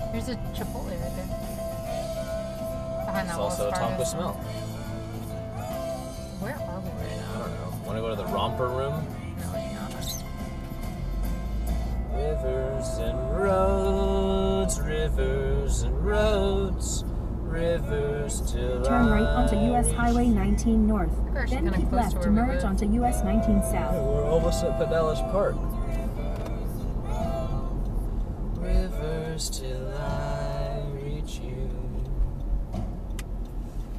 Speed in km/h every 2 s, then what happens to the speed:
3, 0, 0, 0, 0, 0, 19, 29, 37, 44, 47, 50, 48, 44, 39, 39, 35.
1-10 standing. 10-22 pulls away to 50. 22-34 slows to 35.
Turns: 26-34.